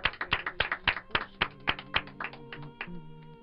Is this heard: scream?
no